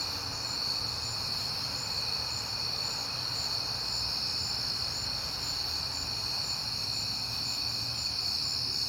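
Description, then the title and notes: Crickets trill continuously in a dense high-pitched chorus, a higher voice pulsing quickly, with low rumbling noise beneath throughout. Crickets heard often in September; recorded at night on a peaceful night. "Night Time: Crickets and Passing Cars. It is September and I have been hearing the crickets a lot, but finally had a peaceful night to make the recording"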